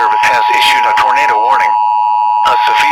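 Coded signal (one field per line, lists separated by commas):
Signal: Emergency Alert System (SAME) tones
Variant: 853 and 960 Hz attention tone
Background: speech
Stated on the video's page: Fictional scenario of a derecho storm, including a tornado emergency.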